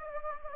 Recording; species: mosquito wingbeat signal from an infrared sensor; Anopheles gambiae